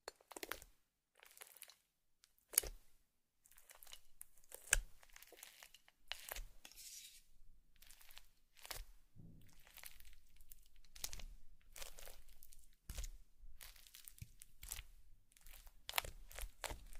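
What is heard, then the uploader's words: Slime sounds: wet squelches and crinkly pops come in short bursts separated by brief silences, then grow denser and more continuous after about six seconds. Sharp clicks stand out near 2.5 and 4.7 seconds, and the squishing stays bright and crackly throughout. Slime Sounds.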